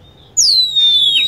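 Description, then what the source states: Lovebird gives one shrill whistled note that starts high and slides slowly downward. Lure sound used to attract lovebirds.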